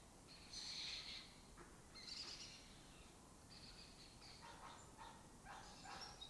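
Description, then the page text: Lesser kestrel calls, rasping notes early on, followed by quicker, fainter chattering calls against background noise. Colony occupying an abandoned building in Doñana; migratory raptor that forages in West Africa and breeds in southern Europe. "Lesser Kestrels Took Over an Abandoned Building. A migratory raptor wich spends its foraging time in West Africa and breeds in southern Europe. Here in Doñana"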